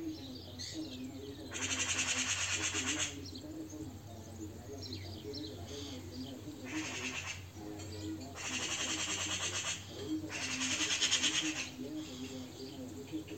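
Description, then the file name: Eurasian magpie calling in several loud, harsh rattling bursts, each a fast string of dry notes lasting one to two seconds, with gaps between and a low hum behind. "Pica pica"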